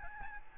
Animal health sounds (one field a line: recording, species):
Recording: mosquito wingbeat signal from an infrared sensor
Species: Aedes albopictus